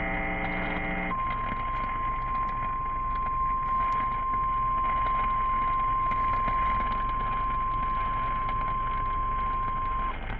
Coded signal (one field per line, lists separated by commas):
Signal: Emergency Alert System (SAME) tones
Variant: 1050 Hz attention tone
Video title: eas FFW Eas#344